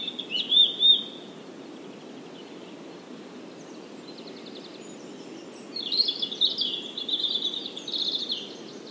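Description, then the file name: European robin song with a pair of bright high notes at the start, then a longer rippling, trilled phrase in the second half, over soft background noise. "Erithacus rubecula"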